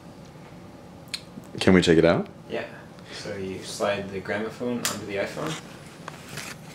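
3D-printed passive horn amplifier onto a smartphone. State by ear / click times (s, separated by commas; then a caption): seated / 6.1 s. A 3D-printed plastic gramophone horn, a passive amplifier, is slid onto an iPhone 4s smartphone while someone talks. A short sharp click at 6.1 s marks the horn clicking into place, seated on the phone.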